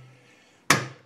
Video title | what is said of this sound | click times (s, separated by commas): Ikea HENSVIK Wardrobe Detailed Assembly Tutorial | cut to its length so once it snaps in place it's going to stay there | 0.7 s